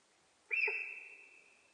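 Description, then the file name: Sika deer whistle call: one sharp high whistle starting abruptly, then holding a flat tone for over a second while fading. Recorded in Japan on 4 November 2006. "061104 nihonjika"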